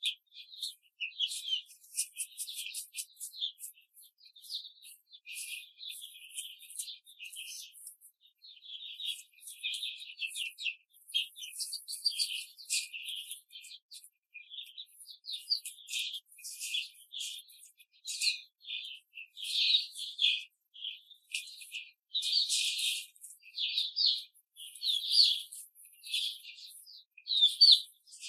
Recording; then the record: young laying hens in a cage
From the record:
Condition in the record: control cage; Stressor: none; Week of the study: 5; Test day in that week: 1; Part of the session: 1